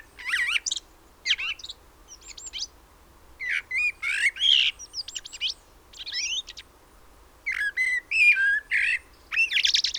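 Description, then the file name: Common blackbird calls: a lively run of high, twisting chirps and chattering squeaks, delivered in irregular bursts separated by short gaps. "Turdus merula"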